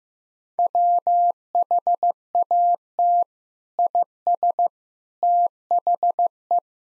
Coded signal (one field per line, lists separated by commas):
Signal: Morse code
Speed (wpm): 15 wpm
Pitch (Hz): 700 Hz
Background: none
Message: WHAT IS THE